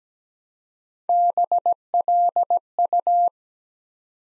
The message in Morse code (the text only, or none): BLU